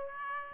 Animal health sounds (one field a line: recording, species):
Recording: mosquito wingbeat signal from an infrared sensor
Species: Aedes aegypti